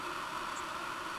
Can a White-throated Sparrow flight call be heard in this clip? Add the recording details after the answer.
no. Another species' flight call is heard. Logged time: 03:42 on 18 September 2014